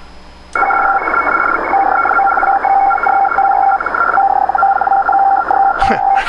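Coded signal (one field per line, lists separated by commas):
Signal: Hellschreiber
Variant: Feld Hell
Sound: three buzzy, rapidly chopped tones at different pitches, sputtering on and off together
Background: radio static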